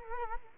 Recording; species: mosquito wingbeat signal from an infrared sensor; Culex quinquefasciatus